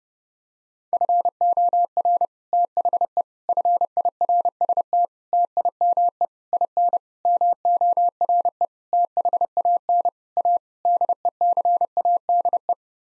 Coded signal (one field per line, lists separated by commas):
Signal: Morse code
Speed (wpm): 32 wpm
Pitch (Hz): 700 Hz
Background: none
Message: FOR THE FIRST TIME IN MORE THAN A DECADE